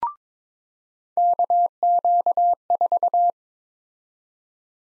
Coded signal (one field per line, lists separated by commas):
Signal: Morse code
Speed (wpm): 22 wpm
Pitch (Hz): 700 Hz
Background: none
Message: KQ4